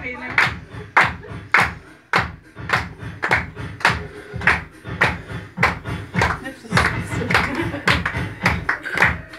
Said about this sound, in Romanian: La bate de palme ca la partid, ca la PCR.